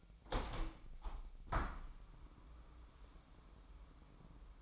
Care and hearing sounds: daily activity, microphone in the room; open window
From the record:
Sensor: 1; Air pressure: 998.5 hPa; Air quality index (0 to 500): 127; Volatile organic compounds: 3 ppm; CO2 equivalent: 1524 ppm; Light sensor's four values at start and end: 8/19/8/9 and 8/20/8/10

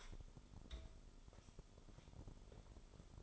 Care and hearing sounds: daily activity, microphone in the room; take from stove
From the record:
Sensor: 5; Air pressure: 988.4 hPa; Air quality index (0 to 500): 203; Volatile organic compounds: 80 ppm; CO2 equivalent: 3607 ppm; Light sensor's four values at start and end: 48/141/55/60 and 48/141/56/61

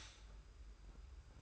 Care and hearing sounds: daily activity, microphone in the room; stop toaster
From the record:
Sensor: 2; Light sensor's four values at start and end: 33/98/38/37 and 33/98/38/37

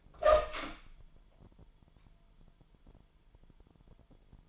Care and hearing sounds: daily activity, microphone in the room; open door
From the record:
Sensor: 5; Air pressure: 998.4 hPa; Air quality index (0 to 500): 82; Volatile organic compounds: 1 ppm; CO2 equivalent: 934 ppm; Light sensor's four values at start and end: 31/75/31/34 and 31/75/31/34

